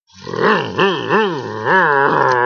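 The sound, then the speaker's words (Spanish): A voice imitates a car engine, showing how cars sound, with a loud, continuous vroom-like hum. Its low pitch rises and falls in about six quick swells, like revving, with no other talking. “Los coches suenan así.”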